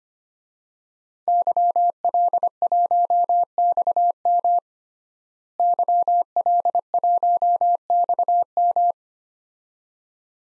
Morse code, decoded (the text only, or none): YL1XM YL1XM